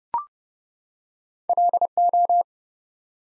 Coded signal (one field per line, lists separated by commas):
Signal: Morse code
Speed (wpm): 29 wpm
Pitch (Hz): 700 Hz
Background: none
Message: LO